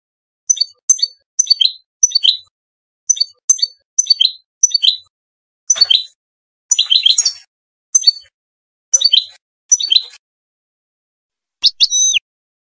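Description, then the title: Bird song of short high chirps, several in quick groups and then more spaced, ending with a longer bending note. "oiseau5000kader"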